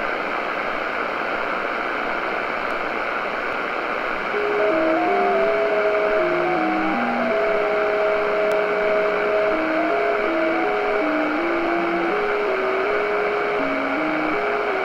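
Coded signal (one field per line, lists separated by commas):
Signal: JT65, JT9 or WSPR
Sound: hiss, then from about four seconds slow stepping single tones changing pitch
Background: radio static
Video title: Shortwave Radio: JT65 Communication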